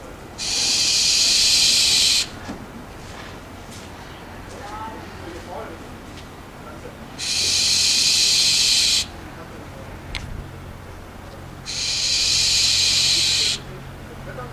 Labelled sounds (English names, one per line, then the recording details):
Western Barn Owl call
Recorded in captivity
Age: juvenile
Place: Zoo Berlin, Berlin, DE
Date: 2001-11-15 13:52
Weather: leicht bewölkt, 2 - 4°C
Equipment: Marantz CP 130, Sennheiser MKH 416, Kopie Uher 4000 Report Monitor
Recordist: Tembrock, Günter
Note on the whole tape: Ca. drei Monate altes Jungtier im Kasten: Langlaute